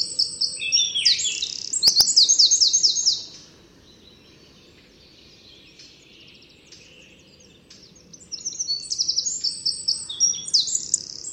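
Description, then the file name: Eurasian wren giving fast, high, rattling trills in two bursts, one at the start and another near the end, with a quiet gap between them. "Troglodytes troglodytes"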